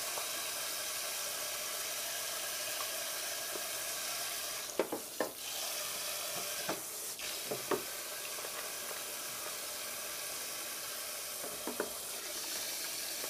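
Shrimp soba being cooked in a kitchen: a steady, bright sizzling hiss runs unbroken throughout. Sharp utensil clinks and scrapes cut in around five seconds, again near seven to eight seconds, and once more around twelve seconds.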